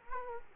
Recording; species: mosquito wingbeat signal from an infrared sensor; Culex quinquefasciatus